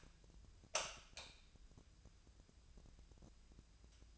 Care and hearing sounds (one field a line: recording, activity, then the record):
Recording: daily activity, microphone in the room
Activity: light on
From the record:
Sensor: 2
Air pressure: 999.9 hPa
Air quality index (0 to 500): 115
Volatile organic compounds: 2 ppm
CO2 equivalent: 994 ppm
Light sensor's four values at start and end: 24/60/25/28 and 28/78/32/35